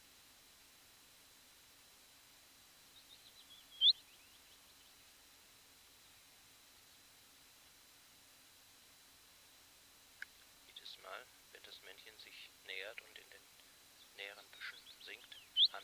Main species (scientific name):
Phylloscopus trochilus